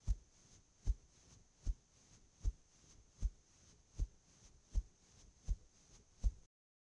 Heartbeat.